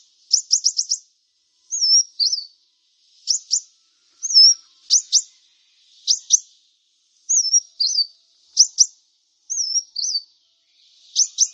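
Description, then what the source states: Brown-throated Sunbird giving a rapid series of ticks, then alternating pairs of sharp ticks and thin, wavering high whistles. Vigorously singing bird (described as 'gacor'), called 'kolibri kelapa'.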